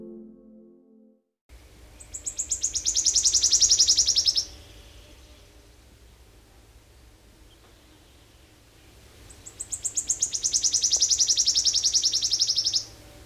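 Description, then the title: Wood Warbler song: two accelerating, shivering high trills, each a few seconds long and separated by a quiet gap of about five seconds, over faint low background hum. "Sirittäjä"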